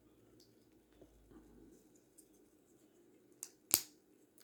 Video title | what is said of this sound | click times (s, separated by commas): Hafele led strip lights for beginners | So you hear the click. | 3.4 s, 3.7 s